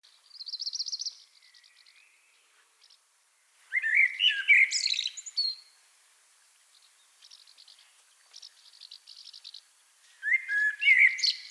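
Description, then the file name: Common blackbird song: a high trill, then a warbled phrase ending in thin squeaky notes, soft twitters, and a final phrase. "Turdus merula"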